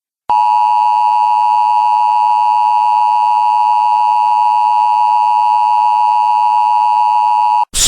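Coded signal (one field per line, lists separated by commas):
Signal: Emergency Alert System (SAME) tones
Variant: 853 and 960 Hz attention tone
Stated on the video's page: Self-made Halloween zombie Emergency Alert System warning meant to loop on a TV.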